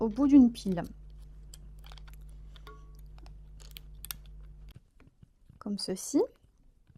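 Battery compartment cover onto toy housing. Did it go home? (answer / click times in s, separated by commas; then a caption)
no / none. Someone talks while handling the plastic battery compartment cover of a toy, about to close it over the batteries and the adapter's copper tab at the end of a battery, with faint handling ticks and rustles. The clip ends before the cover locks shut onto the toy housing, so nothing has seated or clicked yet.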